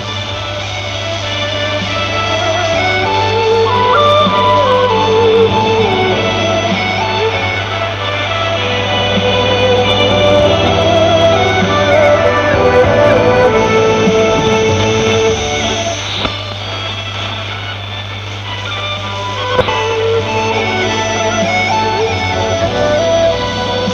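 An old radio plays with a steady low hum and a dense wash of hiss and tangled tones, like a station drifting between signals. Warbling, shifting pitches come and go throughout, with a brief sharp crackle near sixteen seconds and another around twenty.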